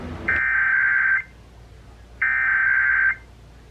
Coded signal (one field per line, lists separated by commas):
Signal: Emergency Alert System (SAME) tones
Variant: header bursts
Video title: Shasta's RMT (EAS #1790-1793)